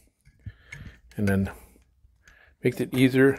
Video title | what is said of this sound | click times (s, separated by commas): How to Wire Power to Light then to the Switch for beginners. | it just snaps in place here | 0.7 s